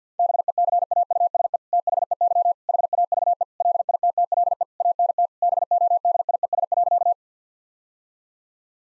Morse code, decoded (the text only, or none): BECAUSE THEY HAVE LITTLE ANT BODIES.